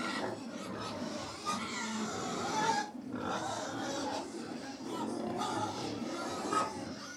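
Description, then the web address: Pigs grunt steadily in a thick, continuous rumble of snorts, with brief squeaks scattered through. About 100 pigs feeding; livestock. "BBC Sound Effects Library. Approx 100 Pigs Feeding"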